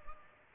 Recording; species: mosquito wingbeat signal from an infrared sensor; Culex pipiens